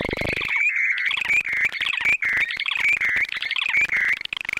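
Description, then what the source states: Short-billed Dowitcher breeding song: sustained bubbling, trilling stream of fast pulses with slightly rising inflections, a low sound at the very start. Breeding display: birds fly 150 feet above ground, then glide slowly earthward calling with beaks wide open; bubbling and trilling audible up to a quarter mile away.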